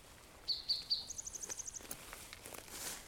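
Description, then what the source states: Towhee song: three high introductory notes followed by a fast, even trill, over faint background noise and a few soft rustles. Singing in a shrub thicket just to the south, on a cloudy day; song of three or four introductory notes and a trill.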